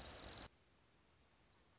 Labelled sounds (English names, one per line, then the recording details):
Orange-crowned Warbler
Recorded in Sonoma County, California